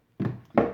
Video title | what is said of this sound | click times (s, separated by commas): Ryobi One+ 18V 3 Gallon Wet/Dry Vacuum Review | hose is actually a really nice hose it clicks into place it's got a swivel right here and | 0.6 s